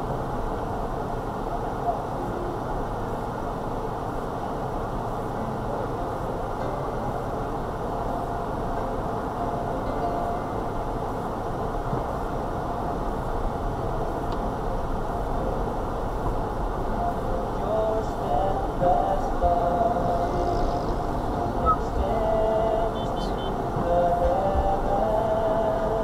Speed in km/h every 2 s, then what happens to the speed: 0, 0, 0, 0, 0, 3, 8, 8, 5, 6, 8, 5, 5.
0-9 standing. 9-12 pulls away to 8. 12-26 steady at about 6.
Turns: none.